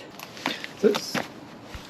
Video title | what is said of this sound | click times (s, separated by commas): PowerWheels Headlight Upgrade - Modified Kids Ride On Car - | it's now clicked back in nicely so we've done this side | 0.5 s